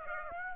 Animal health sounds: mosquito wingbeat signal from an infrared sensor; Aedes aegypti

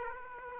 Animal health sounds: mosquito wingbeat signal from an infrared sensor; Aedes aegypti

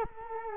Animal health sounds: mosquito wingbeat signal from an infrared sensor; Culex quinquefasciatus

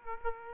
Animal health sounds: mosquito wingbeat signal from an infrared sensor; Aedes aegypti

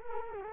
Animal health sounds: mosquito wingbeat signal from an infrared sensor; Culex quinquefasciatus

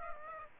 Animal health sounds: mosquito wingbeat signal from an infrared sensor; Aedes aegypti

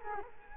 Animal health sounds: mosquito wingbeat signal from an infrared sensor; Culex quinquefasciatus

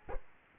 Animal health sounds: mosquito wingbeat signal from an infrared sensor; Culex quinquefasciatus

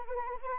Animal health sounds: mosquito wingbeat signal from an infrared sensor; Anopheles arabiensis

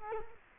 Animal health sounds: mosquito wingbeat signal from an infrared sensor; Culex quinquefasciatus

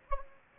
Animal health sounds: mosquito wingbeat signal from an infrared sensor; Anopheles gambiae

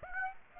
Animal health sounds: mosquito wingbeat signal from an infrared sensor; Aedes aegypti

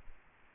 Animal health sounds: mosquito wingbeat signal from an infrared sensor; Aedes aegypti

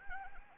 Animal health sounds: mosquito wingbeat signal from an infrared sensor; Anopheles arabiensis

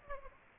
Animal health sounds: mosquito wingbeat signal from an infrared sensor; Aedes aegypti

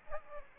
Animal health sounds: mosquito wingbeat signal from an infrared sensor; Aedes aegypti

